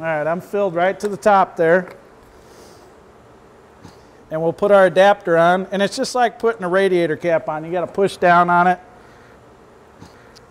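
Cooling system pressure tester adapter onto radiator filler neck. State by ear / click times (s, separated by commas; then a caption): seated / 10.4 s. A cooling system pressure tester adapter from a Mityvac MV4529 is pushed down onto a radiator filler neck that has been filled to the top, then turned like a radiator cap until it locks into place. Someone talks, and a single short click is heard at 10.4 s as the adapter seats.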